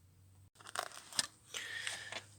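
A torque wrench set to 150 Nm tightens a brake caliper carrier bolt on the front wheel hub of a VW Transporter T5 van. Amid some light scraping and ticking, the wrench gives a short, sharp metallic click at 1.2 s as it reaches the setting, and the tightening is done.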